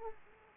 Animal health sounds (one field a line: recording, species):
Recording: mosquito wingbeat signal from an infrared sensor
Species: Aedes aegypti